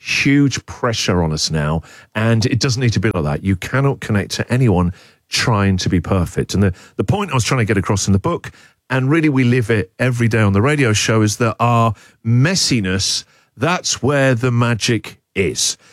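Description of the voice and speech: Adult male radio host speaking in a fluent, steady monologue about his book. Typical speech at a moderate pace with short pauses between phrases.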